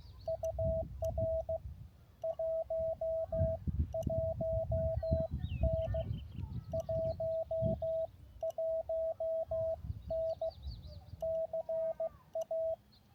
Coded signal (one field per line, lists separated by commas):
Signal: Morse code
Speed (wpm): 16 wpm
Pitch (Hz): 650 Hz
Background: radio noise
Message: UR 11N 11N CA